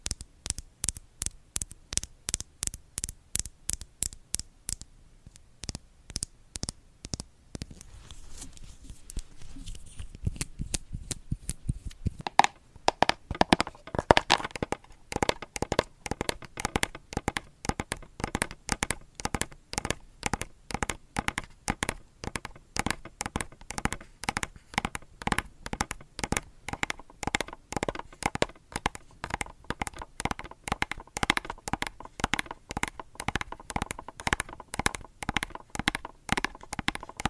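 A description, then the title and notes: ASMR tapping, a steady stream of sharp, crisp taps repeating quickly and evenly for the whole stretch. Around twelve seconds the pace tightens and the taps turn louder and fuller, with a faint ringing tone beneath them. Blue yeti microphone. Asmr tapping.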